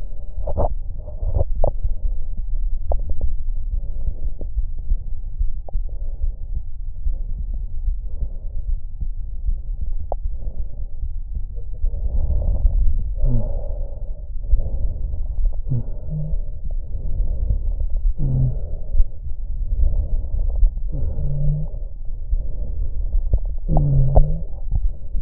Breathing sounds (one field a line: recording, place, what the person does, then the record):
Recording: lung sounds by stethoscope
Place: right anterior apical chest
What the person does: quiet breathing, then deep breathing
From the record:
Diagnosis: interstitial lung disease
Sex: female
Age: 72 years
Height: 153 cm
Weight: 71 kg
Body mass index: 30.3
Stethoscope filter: extended mode